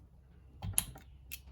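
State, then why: Seated. A metal wrist-pin circlip is levered with a screwdriver into the groove in the piston pin bore of a 2006-2014 Honda TRX450R engine. After a brief scrape of metal on metal, a sharp bright click sounds at 0.8 s, followed by a fainter tick near 1.3 s. The circlip snaps into the groove and seats, locked in place.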